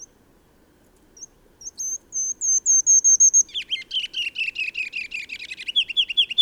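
Bird song: sparse high whistles build into a quickening series, then break into a fast, rhythmic chatter of buzzy notes that runs to the end.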